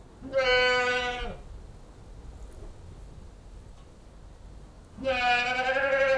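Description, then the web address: Goat bleating twice, long nasal quavering cries, the first lasting about a second, separated by several seconds of quiet. A single Old English goat bleating. "BBC Sound Effects Library. One Old English Goat Bleating"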